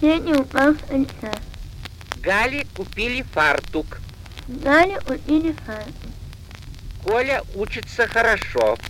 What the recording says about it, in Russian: Запись речи больной с открытой гнусавостью. Большей частью причиной гнусавости является врожденная расщелина твердого и мягкого неба. Дефект речи у данной больной девочки частично компенсирован за счет курса логопедических занятий, которые она прошла перед назначенной ей пластической операцией.